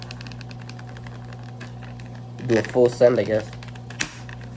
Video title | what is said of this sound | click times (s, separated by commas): TETRA LED LIGHT & HOOD REVIEW! amazon purchase! | And snap right into place. | 4.0 s